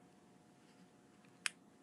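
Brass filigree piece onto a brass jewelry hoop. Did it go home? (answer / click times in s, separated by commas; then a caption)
yes / 1.5 s. A brass filigree piece is pressed and wrapped onto a brass jewelry hoop with pliers, with a faint tick at about 1.3 s before one sharp, bright snap at 1.5 s as it snaps into place. Low, quiet background hum fills the rest of the clip. The filigree is seated on the hoop, and the snap is taken as a good sign.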